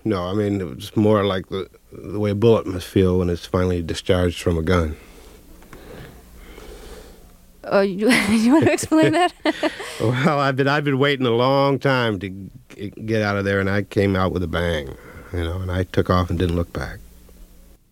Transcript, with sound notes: I mean it was more like the way a bullet must feel when it's finally discharged from a gun.
(Laughter) You want to explain that?
Oh, how I'd been - I'd been waiting a long time to get out of there, and I came out with a bang. You know, I took off and didn't look back.